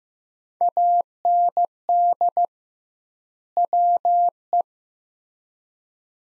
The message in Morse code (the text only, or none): AND WE